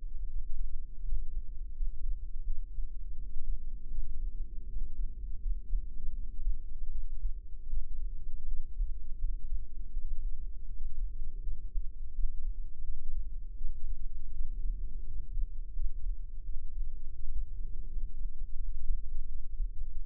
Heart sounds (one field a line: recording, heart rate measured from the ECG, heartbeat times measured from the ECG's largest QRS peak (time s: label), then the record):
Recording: heart sounds by microphone in the left ear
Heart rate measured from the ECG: 82 bpm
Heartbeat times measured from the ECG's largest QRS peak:
0.26 s: heartbeat
1.02 s: heartbeat
1.74 s: heartbeat
2.44 s: heartbeat
3.15 s: heartbeat
3.88 s: heartbeat
4.66 s: heartbeat
5.39 s: heartbeat
6.12 s: heartbeat
6.89 s: heartbeat
7.67 s: heartbeat
8.45 s: heartbeat
9.17 s: heartbeat
9.90 s: heartbeat
10.66 s: heartbeat
11.41 s: heartbeat
12.12 s: heartbeat
12.82 s: heartbeat
13.55 s: heartbeat
14.31 s: heartbeat
15.04 s: heartbeat
15.73 s: heartbeat
16.43 s: heartbeat
17.13 s: heartbeat
17.87 s: heartbeat
18.56 s: heartbeat
19.25 s: heartbeat
20.01 s: heartbeat
From the record:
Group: healthy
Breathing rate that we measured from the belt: 18 breaths a minute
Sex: male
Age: 21 years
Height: 180 cm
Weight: 67.5 kg